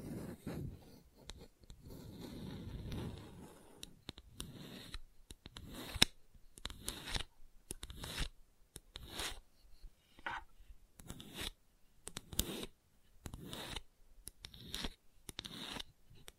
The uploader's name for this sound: ASMR Gentle Scratching